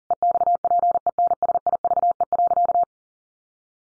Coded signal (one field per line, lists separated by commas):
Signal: Morse code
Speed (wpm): 40 wpm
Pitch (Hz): 700 Hz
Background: none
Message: EXPENSIVE.